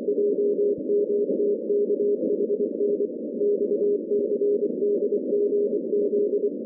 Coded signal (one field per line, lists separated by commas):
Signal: Morse code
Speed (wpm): 24 wpm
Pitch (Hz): 410 Hz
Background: none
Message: JMTKHN XCDGZ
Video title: 170 Meter Shortwave Band